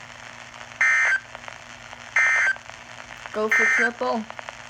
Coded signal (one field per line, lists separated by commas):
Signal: Emergency Alert System (SAME) tones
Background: speech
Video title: EAS Doubleheader severe thunderstorm warning and flood warning